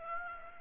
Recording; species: mosquito wingbeat signal from an infrared sensor; Aedes aegypti